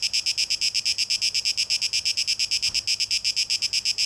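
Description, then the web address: Cicada produces a loud, shrill pulsing buzz, the beats crisp and evenly spaced. Cicada song; 12 August 2023; tape echo mix. "rauschpartikel Audio 2023-08-12 Zikaden (Tape Echo Mix)"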